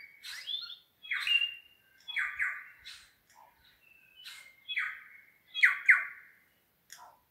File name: New Zealand Bellbirds (Anthornis melanura) singing in Craigieburn Range